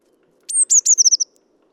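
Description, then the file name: Eurasian blue tit giving a very high thin call: a sharp descending note followed by a quick run of about six short notes, in silence. "Cyanistes caeruleus"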